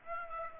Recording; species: mosquito wingbeat signal from an infrared sensor; Aedes aegypti